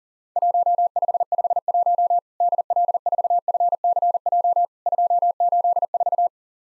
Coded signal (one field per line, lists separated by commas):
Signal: Morse code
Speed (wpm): 40 wpm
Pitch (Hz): 700 Hz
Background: none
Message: 1551 DL4FCJ 284